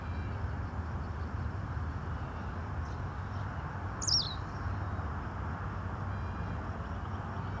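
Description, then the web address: Australian pipit call: one brief high, sharp downslurred note near the middle, over a constant low rumble of wind or traffic. "Anthus Australis"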